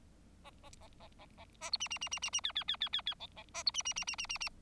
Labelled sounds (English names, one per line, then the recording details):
Bengalese Finch song
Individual Bird4